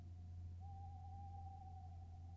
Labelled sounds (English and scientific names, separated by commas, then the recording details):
Tawny Owl (Strix aluco)
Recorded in Germany
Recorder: ecoPi